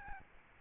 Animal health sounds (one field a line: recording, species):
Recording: mosquito wingbeat signal from an infrared sensor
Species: Aedes albopictus